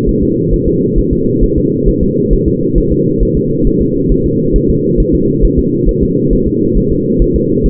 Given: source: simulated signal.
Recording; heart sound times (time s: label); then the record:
fetal heart sounds
0.09 s: S1
0.23 s: S2
0.54 s: S1
0.68 s: S2
0.99 s: S1
1.13 s: S2
1.44 s: S1
1.58 s: S2
1.88 s: S1
2.03 s: S2
2.33 s: S1
2.48 s: S2
2.78 s: S1
2.92 s: S2
3.23 s: S1
3.37 s: S2
3.67 s: S1
3.81 s: S2
4.12 s: S1
4.26 s: S2
4.56 s: S1
4.70 s: S2
5.00 s: S1
5.15 s: S2
5.44 s: S1
5.59 s: S2
5.89 s: S1
6.03 s: S2
6.33 s: S1
6.47 s: S2
6.78 s: S1
6.92 s: S2
7.22 s: S1
7.36 s: S2
7.66 s: S1
From the record:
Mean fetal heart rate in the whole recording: 135 bpm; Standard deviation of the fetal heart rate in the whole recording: 3 bpm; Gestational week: 36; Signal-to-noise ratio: -11.2 dB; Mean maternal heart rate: 72 bpm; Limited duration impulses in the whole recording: present